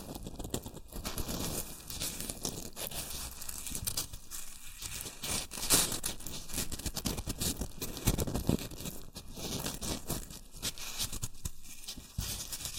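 Shredded tissue and packing peanuts rustle and crinkle without pause, a dense, uneven stream of small crackles and scratchy bursts. Louder crunches stand out near six and eight seconds, and the texture stays bright and busy throughout.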